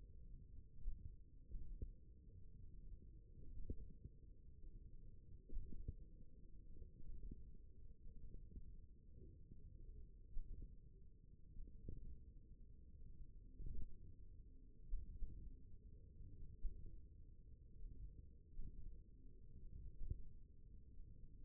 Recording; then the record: forearm muscle sounds (acoustic myography)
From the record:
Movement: ulnar deviation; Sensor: system 1, eight BSWA MPA416 microphones around the upper forearm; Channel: 4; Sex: male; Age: 28 years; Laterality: right